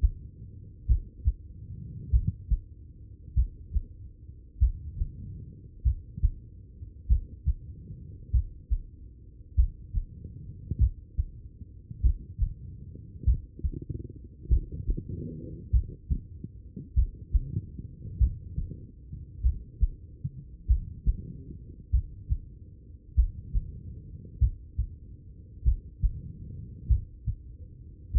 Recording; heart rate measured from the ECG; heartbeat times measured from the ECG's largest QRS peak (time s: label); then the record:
heart sounds by stethoscope; 48 bpm
0.86 s: heartbeat
2.10 s: heartbeat
3.34 s: heartbeat
4.58 s: heartbeat
5.82 s: heartbeat
7.07 s: heartbeat
8.31 s: heartbeat
9.55 s: heartbeat
10.78 s: heartbeat
12.01 s: heartbeat
13.24 s: heartbeat
14.48 s: heartbeat
15.70 s: heartbeat
16.94 s: heartbeat
18.17 s: heartbeat
19.41 s: heartbeat
20.66 s: heartbeat
21.90 s: heartbeat
23.14 s: heartbeat
24.38 s: heartbeat
25.63 s: heartbeat
26.87 s: heartbeat
28.11 s: heartbeat
From the record:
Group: heart failure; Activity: rest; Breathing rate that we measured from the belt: 22 breaths a minute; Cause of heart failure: idiopathic cardiomyopathy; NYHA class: 2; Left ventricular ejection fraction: 53%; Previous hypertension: present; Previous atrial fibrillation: present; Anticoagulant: apixaban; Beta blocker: bisoprolol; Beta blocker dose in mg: 2.5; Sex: female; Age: 67 years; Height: 150 cm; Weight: 81 kg